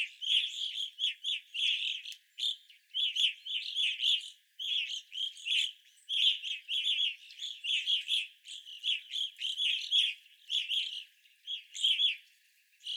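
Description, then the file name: Evening grosbeak flock giving constant loud chirps, overlapping short calls that thin out briefly near the end. Several evening grosbeaks, 25 April 2021. "2021-04-25 Evening Grosbeaks"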